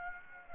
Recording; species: mosquito wingbeat signal from an infrared sensor; Aedes aegypti